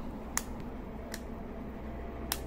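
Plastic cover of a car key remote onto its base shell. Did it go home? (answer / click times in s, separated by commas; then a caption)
yes / 0.4 s, 2.3 s. The plastic cover of a 2005 Toyota Vios car key remote is lined up and pressed onto its plastic base shell after the battery is replaced. Sharp clicks come at 0.4 s and 2.3 s, with a fainter tick near 1.1 s, over a low steady hum. The two halves snap closed and the remote is properly shut.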